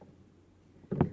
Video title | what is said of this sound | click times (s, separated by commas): TONOR 3.5mm Broadcasting Microphone Set Recording Mic | And again, you'll hear that same click. | 0.9 s, 1.0 s